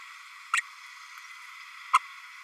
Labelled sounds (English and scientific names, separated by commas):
Green-rumped Parrotlet (Forpus passerinus) babbling